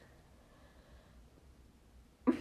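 Near-silence, then one sudden loud burst of noise at the end: the explosive start of a single sneeze from an adult woman.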